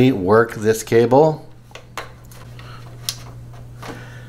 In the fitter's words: into that connection you will hear a gentle click